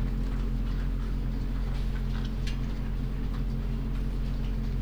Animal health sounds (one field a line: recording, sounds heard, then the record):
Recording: poultry house recording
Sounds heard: sick chickens (respiratory disease)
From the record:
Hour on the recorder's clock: 22